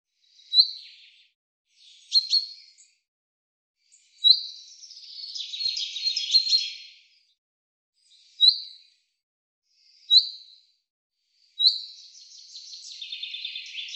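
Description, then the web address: Common chaffinch giving several short, sharp calls, broken by two longer trilled song phrases. "Deverinetal 2025 File cleaned normalized Bird Fr Co"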